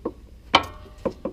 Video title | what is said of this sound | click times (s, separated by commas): FULL - Lawn Mower Engine Maintenance - Part 2 | narrower end went this way, so it should snap right in, and the flat | 0.5 s